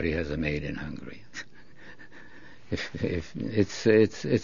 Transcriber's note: he laughs